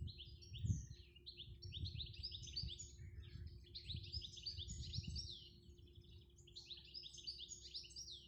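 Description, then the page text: European goldfinch singing a fast, continuous twittering run of bright, tinkling notes over a steady low hum and rumbling background noise. One bird singing from deciduous trees beside a house, in habitat suitable for nesting; Valle parish, Vecumnieki municipality, Latvia; 8 May 2025, 11:45. "Dadzītis, Carduelis carduelis Novērojuma laiks 08-May-2025 plkst. 11:45 Vecumnieku novads Valles pag Dzied ligzdošanai piemērotā biotopā Dzied piemājas lapu kokos"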